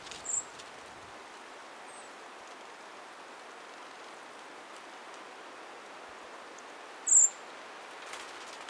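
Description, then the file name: Eurasian blackbird uttering two brief, very high, thin notes, one near the start and one near the end, separated by quiet hissing background. "Turdus merula"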